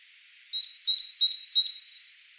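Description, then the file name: Great tit song: four quick two-note phrases, a lower note rising to a higher one, repeated about every third of a second, then silence. "Parus major"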